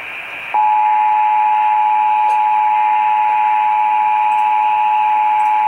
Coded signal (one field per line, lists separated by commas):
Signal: Emergency Alert System (SAME) tones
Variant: 853 and 960 Hz attention tone